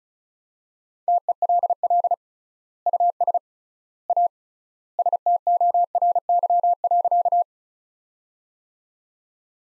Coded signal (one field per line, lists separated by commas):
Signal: Morse code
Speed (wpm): 36 wpm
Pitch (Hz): 700 Hz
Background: none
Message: TELL US A STORY.